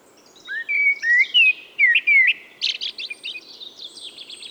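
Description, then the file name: Eurasian blackbird giving a run of clear whistled notes, then a rapid high twittering flourish. "Turdus merula"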